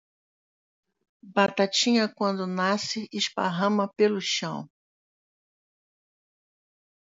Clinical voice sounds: short text; Brazilian Portuguese; female; 60 to 69 years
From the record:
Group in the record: control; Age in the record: 62 years

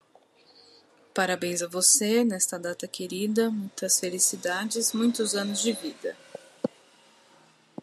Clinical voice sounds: short text; Brazilian Portuguese; female; 20 to 29 years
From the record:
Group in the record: control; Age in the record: 27 years

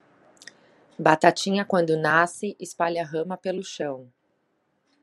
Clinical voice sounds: short text; Brazilian Portuguese; female; 30 to 39 years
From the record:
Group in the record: control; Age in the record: 39 years

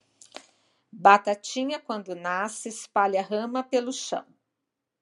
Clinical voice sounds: short text; Brazilian Portuguese; female; 50 to 59 years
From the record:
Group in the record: control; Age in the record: 55 years

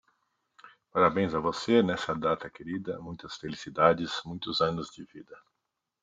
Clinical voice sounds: short text; Brazilian Portuguese; male; 50 to 59 years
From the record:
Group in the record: control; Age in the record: 56 years

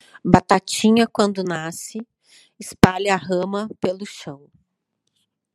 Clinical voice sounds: short text; Brazilian Portuguese; female; 50 to 59 years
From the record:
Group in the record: control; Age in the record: 58 years

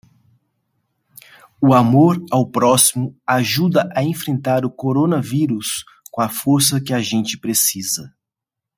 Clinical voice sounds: spoken sentence; Brazilian Portuguese; male; 40 to 49 years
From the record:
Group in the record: control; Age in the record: 43 years

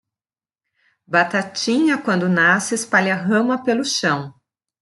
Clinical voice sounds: short text; Brazilian Portuguese; female; 40 to 49 years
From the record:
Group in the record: control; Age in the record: 47 years

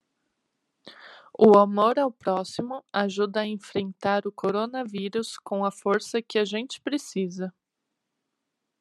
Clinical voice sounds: spoken sentence; Brazilian Portuguese; female; 20 to 29 years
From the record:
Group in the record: control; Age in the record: 29 years

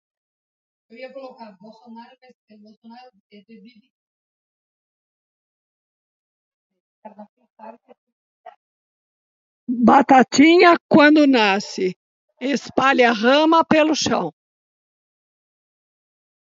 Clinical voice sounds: short text; Brazilian Portuguese; female; 70 to 79 years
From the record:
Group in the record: control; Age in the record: 71 years

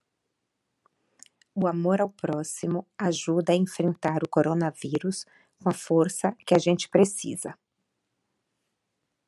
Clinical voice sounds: spoken sentence; Brazilian Portuguese; female; 50 to 59 years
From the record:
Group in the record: control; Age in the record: 52 years

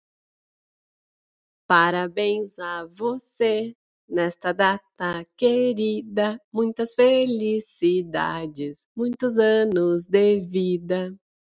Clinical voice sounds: short text; Brazilian Portuguese; female; 30 to 39 years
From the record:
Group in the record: control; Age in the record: 36 years

